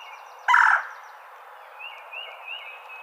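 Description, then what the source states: Red-bellied Woodpecker call: a single short, harsh, buzzy note, followed by a few faint high chirps over a quiet background hiss. Recorded 23 April 2007.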